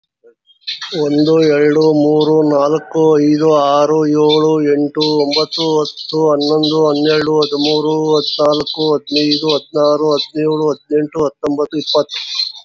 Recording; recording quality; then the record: counting at a fast pace; excellent, no background noise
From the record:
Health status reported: COVID-19 positive, no symptoms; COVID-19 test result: positive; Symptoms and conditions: diabetes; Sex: male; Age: 47 years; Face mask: worn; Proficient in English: no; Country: India